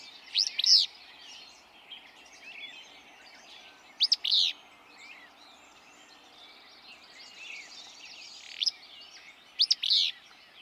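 Willow flycatcher singing abrupt, burry, sneezing phrases every few seconds over a steady background of other small birds chattering.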